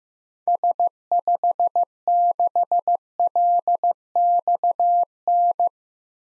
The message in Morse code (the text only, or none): S56LXN